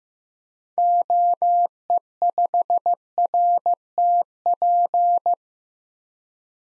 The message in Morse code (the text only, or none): OE5RTP